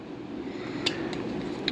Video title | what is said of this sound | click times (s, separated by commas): Testing an Adjustable Measuring Cup Part 3 | uh it snapped into place it it is yeah it snapped into place | 1.7 s